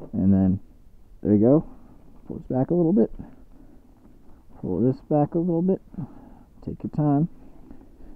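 A plastic strap buckle on a Sedici motorcycle saddle bag mount is handled as the strap is pulled back during luggage fitting, while someone talks throughout. The buckle has not clicked shut yet; nothing has seated.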